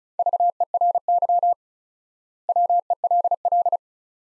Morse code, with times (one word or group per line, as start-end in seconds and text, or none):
0.2-1.5 VERY
2.5-3.8 WELL